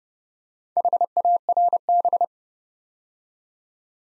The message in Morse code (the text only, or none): HARB